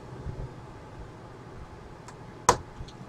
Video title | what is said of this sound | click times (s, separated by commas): Z.A.F.T. Mobile Suit ZGMF-X10A A.K.A Freedom Gundam. Part 4. Finale! | Squish those together, that should snap into place. | 2.5 s